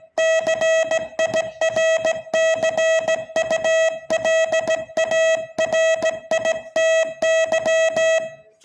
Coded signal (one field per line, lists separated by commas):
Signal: Morse code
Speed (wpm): 17 wpm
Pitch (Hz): 640 Hz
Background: none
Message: CIRCULARITY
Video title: Morse code signalling at 20 words per minute